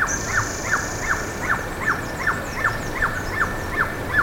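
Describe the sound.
Bird calls, sharp downslurred notes repeated steadily at roughly two and a half per second, over a long high whine and soft buzzy notes.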